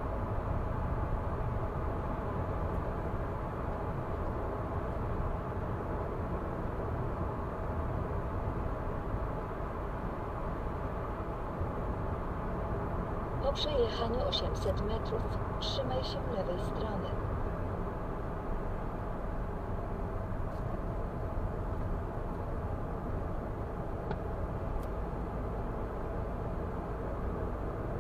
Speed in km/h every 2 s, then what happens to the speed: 91, 91, 91, 91, 91, 91, 91, 91, 86, 81, 77, 77, 75, 75.
0-15 steady at about 91. 15-20 slows to 77. 20-28 steady at about 75.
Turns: none.